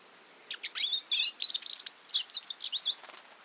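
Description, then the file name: European goldfinch song, a fast tumbling run of twittering, liquid notes and buzzy trills, high-pitched and continuous for about two and a half seconds. "Carduelis carduelis"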